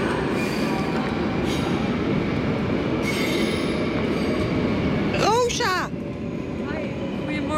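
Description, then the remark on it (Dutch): A train to The Hague, Netherlands, about to depart, rumbles steadily along the rails with a dense low roar, while a brief cluster of high, sliding metallic squeals cuts through midway before the rolling noise continues. “We gaan snel in die trein voordat hij wegrijdt.”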